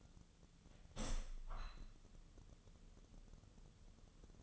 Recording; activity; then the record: daily activity, microphone in the room; open window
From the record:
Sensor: 4